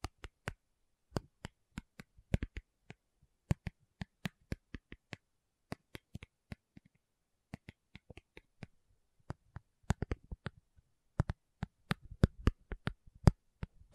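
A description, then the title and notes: Sharp, dry taps come in quick irregular bursts and clusters, with short silent gaps between them. Each tap is a crisp click that ends instantly. Near the end a soft low rustle sits under a denser run of taps. Tapping Session (No Talking).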